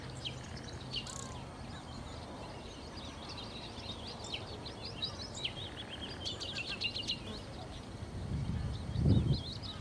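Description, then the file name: Common nightingale singing varied high chirps, trills and bursts of rapid notes over continuous background hiss, with a brief low rumble near the end. "Nachtigall"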